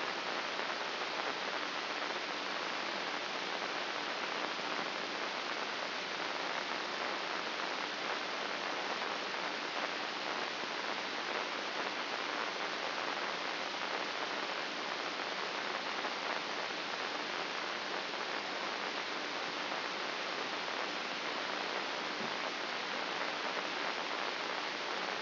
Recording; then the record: brain microelectrode recording played as sound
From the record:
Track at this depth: outside the subthalamic nucleus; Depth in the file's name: 8.028 mm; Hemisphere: left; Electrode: 2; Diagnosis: Parkinson's disease